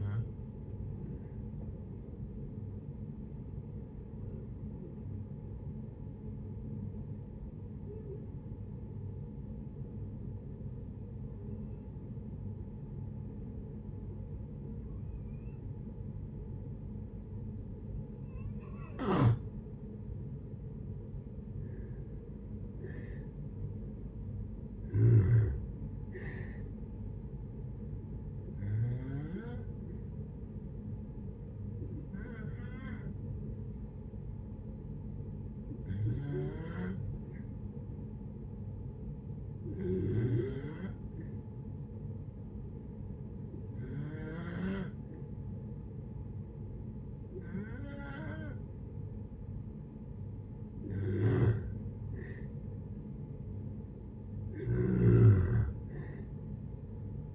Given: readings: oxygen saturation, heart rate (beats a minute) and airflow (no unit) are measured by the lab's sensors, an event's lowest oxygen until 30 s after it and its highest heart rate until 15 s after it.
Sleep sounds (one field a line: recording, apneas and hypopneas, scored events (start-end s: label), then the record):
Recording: breathing in sleep by a smartphone at the bedside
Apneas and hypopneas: 2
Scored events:
8.00-24.20 s: hypopnea (N1, oxygen 95% highest, then 87% lowest, heart rate 60 at the start, 68 highest)
23.00-57.34 s: new sleep stage, N2 (light sleep)
31.00-50.40 s: hypopnea (N2, oxygen 95% highest, then 90% lowest, heart rate 65 at the start, 72 highest)
From the record:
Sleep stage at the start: N1 (lightest sleep)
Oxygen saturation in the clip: 85 to 95%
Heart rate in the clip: 59 to 71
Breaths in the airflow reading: 15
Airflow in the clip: -6.2 to 8.7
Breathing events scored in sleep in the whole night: 496 in 5.4 hours asleep